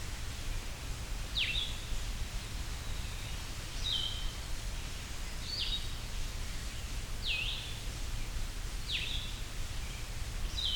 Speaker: Still almost sounds like saying Vireo, just with a much sweeter voice.